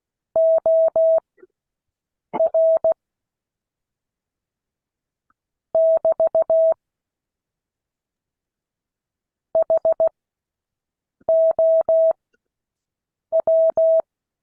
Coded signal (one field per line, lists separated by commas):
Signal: Morse code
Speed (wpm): 16 wpm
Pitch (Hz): 650 Hz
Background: none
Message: OR <BT> HOW